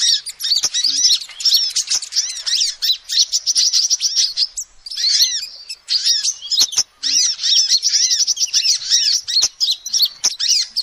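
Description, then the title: Lovebird twittering, a dense stream of shrill rising-and-falling squeaks with a few short pauses and sharp clicks. Lovebird calls used as a lure to trap birds. "PIKAT BURUNG LOVEBIRD"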